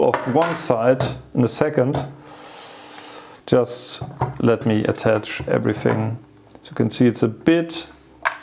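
Someone talks while attaching a magnetic accessory to one half of a MoErgo Go60 split keyboard, with brief handling knocks around 3.0 s and 8.3 s. The clip ends before the accessory goes home, so nothing has seated or clicked yet.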